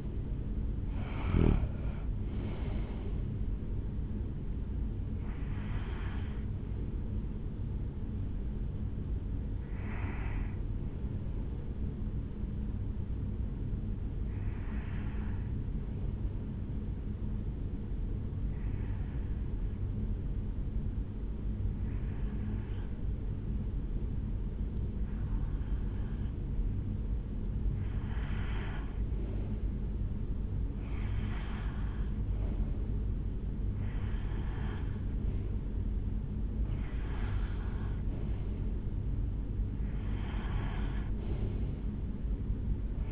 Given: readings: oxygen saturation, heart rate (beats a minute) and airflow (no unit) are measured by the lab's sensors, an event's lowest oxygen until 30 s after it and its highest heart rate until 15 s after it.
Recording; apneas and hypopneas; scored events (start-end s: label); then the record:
breathing in sleep by a smartphone at the bedside; 1
16.00-33.60 s: hypopnea (REM, oxygen 96% highest, then 91% lowest, heart rate 61 at the start, 70 highest)
From the record:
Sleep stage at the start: REM sleep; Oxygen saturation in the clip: 73 to 96%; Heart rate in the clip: 60 to 83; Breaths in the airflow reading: 10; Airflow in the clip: -4.5 to 8.0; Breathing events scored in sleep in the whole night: 449 in 7.0 hours asleep